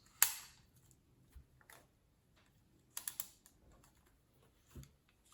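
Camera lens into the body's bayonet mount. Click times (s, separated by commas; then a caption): 0.2 s. A lens is set onto a Nikon FM2n camera body's bayonet mount with the black dot lined up to the white dot, pushed down lightly and turned. A sharp click at 0.2 s marks the bayonet locking and the lens seating home. Fainter clicks and rattles follow around 1.7 s, 3.0–3.2 s and 4.8 s.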